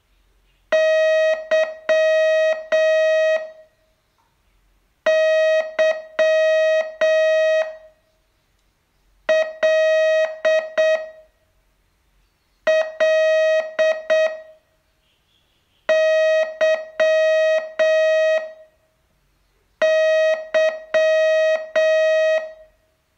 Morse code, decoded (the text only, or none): Y Y L L Y Y